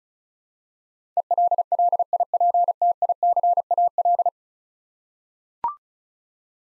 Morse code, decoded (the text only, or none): ELLIPTICAL